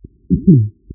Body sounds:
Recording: neck accelerometer signal played as sound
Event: voluntary cough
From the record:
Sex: female

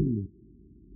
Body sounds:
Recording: neck accelerometer signal played as sound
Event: no cough (speech, laughter, throat clearing or background)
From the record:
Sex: female

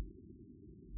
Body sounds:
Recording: neck accelerometer signal played as sound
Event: no cough (speech, laughter, throat clearing or background)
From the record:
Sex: female

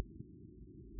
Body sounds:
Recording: neck accelerometer signal played as sound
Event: no cough (speech, laughter, throat clearing or background)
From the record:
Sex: male

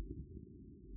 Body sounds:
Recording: neck accelerometer signal played as sound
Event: no cough (speech, laughter, throat clearing or background)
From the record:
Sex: male

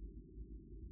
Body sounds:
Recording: neck accelerometer signal played as sound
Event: no cough (speech, laughter, throat clearing or background)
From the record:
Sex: male

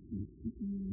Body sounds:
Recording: neck accelerometer signal played as sound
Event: no cough (speech, laughter, throat clearing or background)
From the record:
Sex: male

